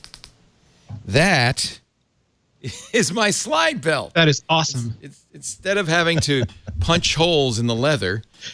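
A ratchet belt buckle on a slide belt strap is cinched tighter a second time and gives a quick series of small, regular clicks at 0.0, 0.1 and 0.2 seconds, and the buckle catches and holds. Someone then talks.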